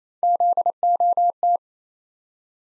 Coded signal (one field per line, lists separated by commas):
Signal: Morse code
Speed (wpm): 27 wpm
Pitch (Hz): 700 Hz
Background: none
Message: ZOT